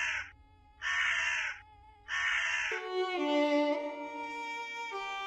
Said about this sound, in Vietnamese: Bên trên cành xoài, con quạ khẽ rùng mình rồi phóng vụt lên tầng không. Cổ họng gào lên ba tiếng khản đặc.